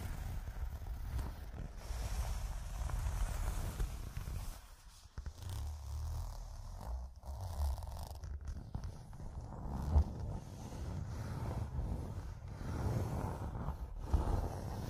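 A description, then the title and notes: Scratching over a heavy low rumble, with rough, irregular rubbing strokes, a brief quieter dip around five seconds, and a sharp knock near ten. Pure Scratching.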